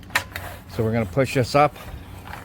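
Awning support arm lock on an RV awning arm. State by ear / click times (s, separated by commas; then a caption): not seated / none. An awning support arm lock on an RV awning arm is handled as the arm is about to be pushed up and locked in place. A few sharp clicks and taps of handling come near the start, then someone talks, followed by faint knocks near the end. Nothing has seated or clicked into place yet.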